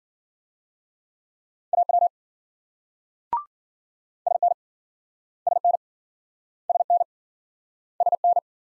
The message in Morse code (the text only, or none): AW SN SN SN SN